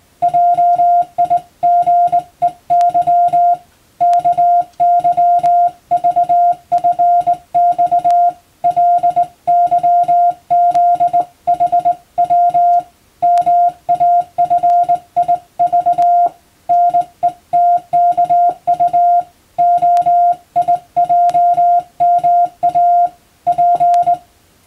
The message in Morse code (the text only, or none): JIGEY KYVFX LYZHW MAFIV NETKU OIJMA P